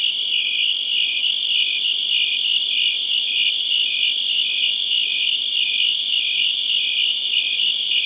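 Cricket giving high-pitched chirps at a steady pace over a persistent ringing background.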